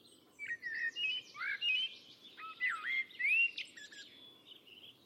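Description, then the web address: Bird giving a string of short whistled and slurred notes, several sweeping upward, with a low hum of background noise throughout. "Bird Only Tu Me Tu Me 2"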